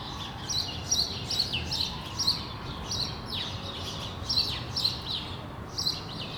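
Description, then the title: Sparrows giving many repeated chirps over low background noise. Sparrows on Rue de l'épargne, Brussels, Belgium, recorded for World Sparrow Day with Lom mikroUši AB microphones into a Deity PR-2 recorder. "Rue de l'épargne, Bruxelles, Bruxelles-Capitale, Belgique - World Sparrow Day"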